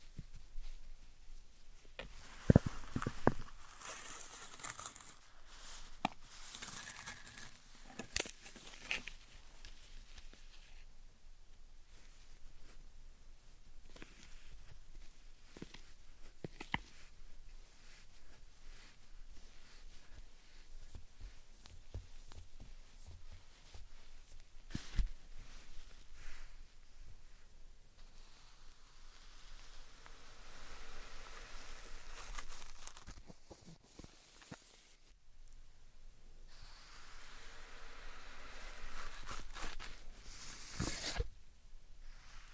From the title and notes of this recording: ASMR Satisfying Slime Sand Triggers for Sleep (No Talking).